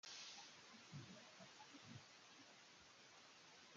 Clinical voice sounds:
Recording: short text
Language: Brazilian Portuguese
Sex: female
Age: 20 to 29 years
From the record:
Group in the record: control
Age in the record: 20 years

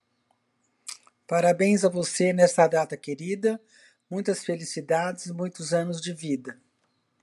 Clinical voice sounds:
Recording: short text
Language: Brazilian Portuguese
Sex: female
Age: 60 to 69 years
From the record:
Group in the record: control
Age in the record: 68 years

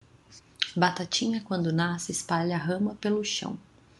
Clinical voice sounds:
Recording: short text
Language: Brazilian Portuguese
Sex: female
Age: 30 to 39 years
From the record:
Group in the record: control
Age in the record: 35 years

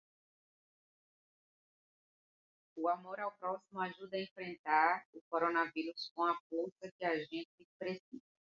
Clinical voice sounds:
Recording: spoken sentence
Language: Brazilian Portuguese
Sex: female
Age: 40 to 49 years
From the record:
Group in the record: control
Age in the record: 48 years

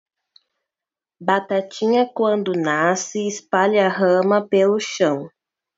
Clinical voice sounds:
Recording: short text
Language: Brazilian Portuguese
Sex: female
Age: 20 to 29 years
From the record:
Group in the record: control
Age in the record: 22 years

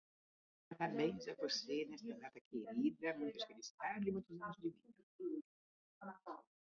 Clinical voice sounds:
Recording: short text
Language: Brazilian Portuguese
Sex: female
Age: 60 to 69 years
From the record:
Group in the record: control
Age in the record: 63 years

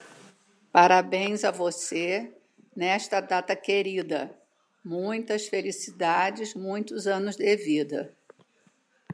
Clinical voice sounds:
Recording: short text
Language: Brazilian Portuguese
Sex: female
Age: 70 to 79 years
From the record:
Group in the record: control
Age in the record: 77 years

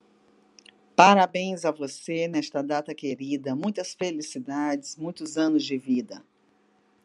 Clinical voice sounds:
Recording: short text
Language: Brazilian Portuguese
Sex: female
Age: 50 to 59 years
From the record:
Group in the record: control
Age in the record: 53 years

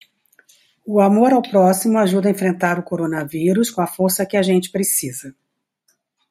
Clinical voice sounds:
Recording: spoken sentence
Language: Brazilian Portuguese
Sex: male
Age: 60 to 69 years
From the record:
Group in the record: control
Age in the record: 63 years

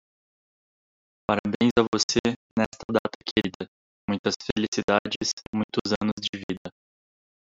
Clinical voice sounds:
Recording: short text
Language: Brazilian Portuguese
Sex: male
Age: 20 to 29 years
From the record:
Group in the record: control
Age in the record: 29 years

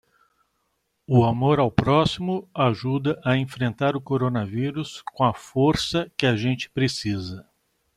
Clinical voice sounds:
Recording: spoken sentence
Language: Brazilian Portuguese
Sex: male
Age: 50 to 59 years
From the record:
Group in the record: control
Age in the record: 54 years

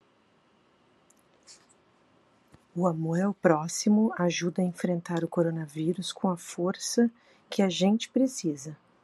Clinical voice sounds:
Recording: spoken sentence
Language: Brazilian Portuguese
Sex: female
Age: 50 to 59 years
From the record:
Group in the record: control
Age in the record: 50 years

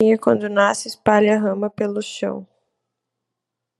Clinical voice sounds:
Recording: short text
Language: Brazilian Portuguese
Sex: female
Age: 20 to 29 years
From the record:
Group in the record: control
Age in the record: 28 years

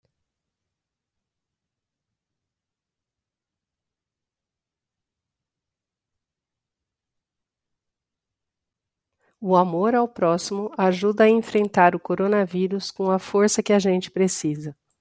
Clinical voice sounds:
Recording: spoken sentence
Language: Brazilian Portuguese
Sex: female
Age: 50 to 59 years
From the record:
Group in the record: control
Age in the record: 52 years

